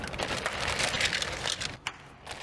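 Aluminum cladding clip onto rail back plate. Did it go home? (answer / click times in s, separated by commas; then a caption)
yes / 1.9 s. An aluminum cladding clip is angled against the wing of a rail back plate and pressed into its groove amid dense crackling and scraping handling noise. A sharp snap at 1.9 s is followed by a quieter stretch, and the clip is seated and engaged.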